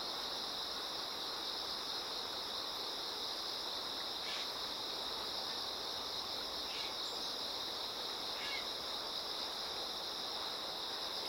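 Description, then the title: Continuous high insect trilling, with steady flowing water and a few brief faint clicks or chips. Insects singing in chorus beside a slowly flowing river. "流れる川の音、虫の歌声に身を任せて"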